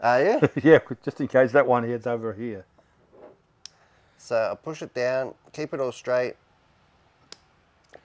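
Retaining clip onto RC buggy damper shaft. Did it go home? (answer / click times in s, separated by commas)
yes / 7.3 s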